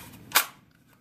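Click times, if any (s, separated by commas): 0.4 s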